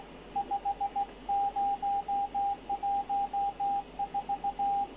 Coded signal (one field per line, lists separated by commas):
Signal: Morse code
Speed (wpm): 17 wpm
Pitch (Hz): 800 Hz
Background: radio noise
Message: 50 14